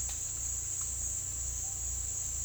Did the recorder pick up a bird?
no